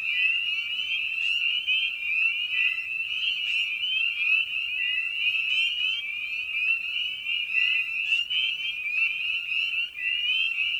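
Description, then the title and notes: Spring peepers fill the air with a constant shrill chorus of rising peeps, with several sharp clicks at irregular intervals. Evening at a frog pond. "Night of the Peepers. In this episode we return to the frog pond for a meditative evening. Species in Focus: Spring Peeper (Pseudacris crucifer). Ian Carlsen"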